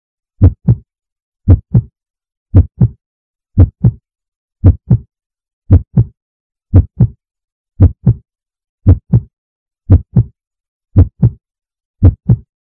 Steady powerful heartbeat.